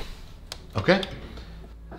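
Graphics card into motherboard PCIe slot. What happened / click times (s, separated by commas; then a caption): The card latched into its slot / 0.5 s. An EVGA GeForce RTX 3090 FTW3 Ultra Gaming graphics card is slid into a motherboard's PCIe x16 slot, and a sharp little click at 0.5 s is the slot's plastic retention latch locking the card in place. The card is seated, and someone talks just after the click.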